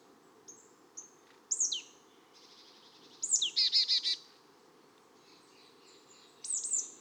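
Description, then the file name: Marsh Tit calls: thin high notes, then a sharp downslurred note followed by a quick run of buzzy, harsh repeated notes, and another downslurred call near the end. "Poecile palustris"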